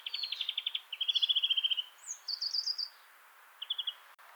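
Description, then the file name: European greenfinch trills, several even rattling runs of notes with a higher twittered phrase, ending on a short trill. "Chloris chloris"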